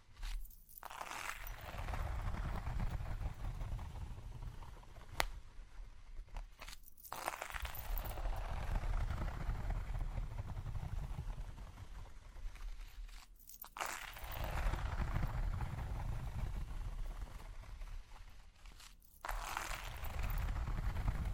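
Continuous scratching and rubbing fills the recording, a dense rough texture with a strong low rumble underneath. It breaks off into brief near-silent gaps around 1, 7, 14 and 19 seconds, with a sharp tap or click near 5 seconds.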